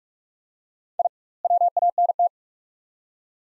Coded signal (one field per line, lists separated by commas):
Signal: Morse code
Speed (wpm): 46 wpm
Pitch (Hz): 700 Hz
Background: none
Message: I WANT